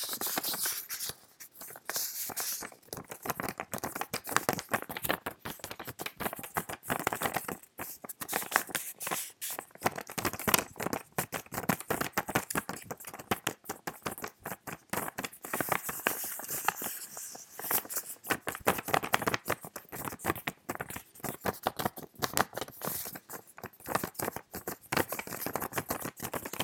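A sheet of paper is handled continuously, crinkling and rustling in dense, irregular bursts of crisp, bright crackles. The activity never settles, with rapid clusters of sharp snaps throughout and brief near-silent gaps around 2, 9 and 13 seconds.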